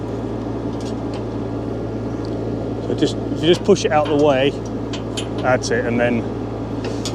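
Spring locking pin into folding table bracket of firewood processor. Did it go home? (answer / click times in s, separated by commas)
yes / 7.1 s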